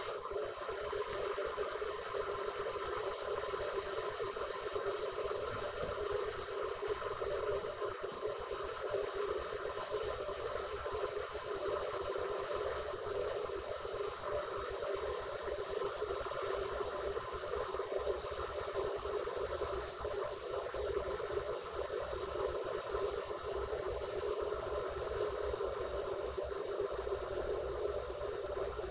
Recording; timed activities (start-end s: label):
household activities, microphone on the right wrist
0.00-28.91 s: making tea